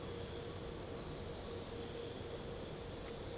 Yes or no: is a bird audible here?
no